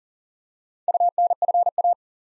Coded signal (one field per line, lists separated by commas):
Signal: Morse code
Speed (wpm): 42 wpm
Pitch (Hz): 700 Hz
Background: none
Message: UNFA